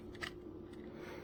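A metal extension tube is pushed one-handed onto the hose wand of a Hoover Commercial PortaPower lightweight canister vacuum cleaner. Brief scraping and rattling handling noises sound over a steady low hum, with a short burst around 0.2–0.3 s. Nothing has seated or clicked into place yet.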